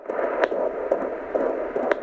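Rhythmic whooshing pulses at about 125 a minute over hiss: a normal fetal heartbeat picked up by Doppler monitor at a prenatal appointment, 37 weeks into pregnancy.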